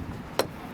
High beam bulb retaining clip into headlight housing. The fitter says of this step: until that locks in place like so.